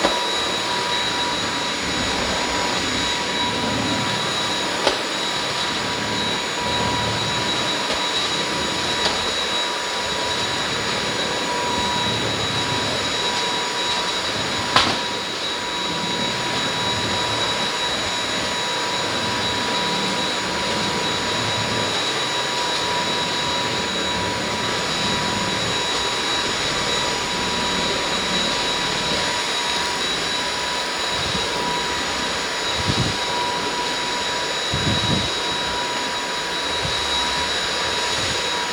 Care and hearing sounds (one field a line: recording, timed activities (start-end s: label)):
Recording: household activities, microphone on the right wrist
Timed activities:
0.00-38.73 s: vacuum cleaning